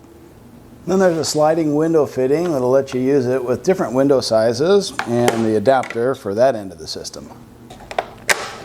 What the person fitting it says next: and it just snaps into place